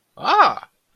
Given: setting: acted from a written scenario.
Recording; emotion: vocal sound without words; realization